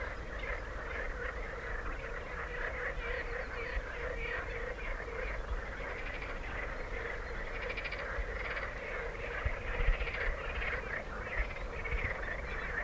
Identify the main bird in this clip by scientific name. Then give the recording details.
Crex crex. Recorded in the wild. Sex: male. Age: adult. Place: Schwedt/Oder, Nationalpark Unteres Odertal, Brandenburg, DE. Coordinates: 53.0378, 14.3153. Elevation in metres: 1. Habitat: grassland. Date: 2017-06-19. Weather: clear, 18°C, weak wind from East. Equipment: Olympus LS-3, Olympus ME31. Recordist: Frommolt, Karl-Heinz